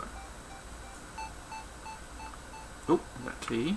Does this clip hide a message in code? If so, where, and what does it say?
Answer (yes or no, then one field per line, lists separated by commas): no